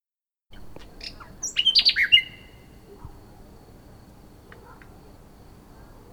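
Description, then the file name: Common nightingale song: a short phrase of a few high chips leading into a quick run of loud, slurred, descending notes, then quiet. "Luscinia megarhynchos"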